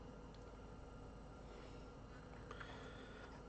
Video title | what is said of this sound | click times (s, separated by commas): Repair Power supply in an Aura 5350 amplifier Part 4 (amp "fixed", for now) | I get snapped into place flip | 2.5 s